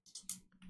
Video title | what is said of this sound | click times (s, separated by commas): Motorola Signature: How to Insert SIM Card | You should also hear a little click once you do that, and the SIM card should not stick out of the SIM tray. | 0.3 s